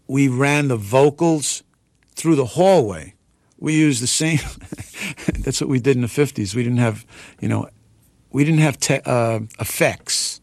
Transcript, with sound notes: We ran the vocals through the hallway. We used the same - (laughter) that's what we did in the '50s. We didn't have, you know, we didn't have effects.